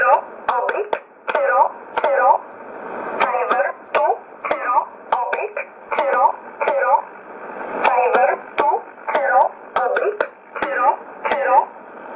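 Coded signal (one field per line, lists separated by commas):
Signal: numbers station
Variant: E11 Oblique, English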